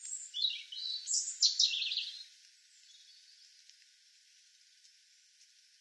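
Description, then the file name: European robin song: one high, tumbling, warbled phrase lasting about two seconds, then near silence. "Erithacus rubecula"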